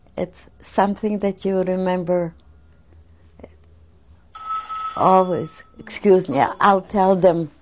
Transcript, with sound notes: it's something that you remember always. (Phone rings.) Excuse me. I'll tell them.